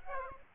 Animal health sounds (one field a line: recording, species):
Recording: mosquito wingbeat signal from an infrared sensor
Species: Aedes aegypti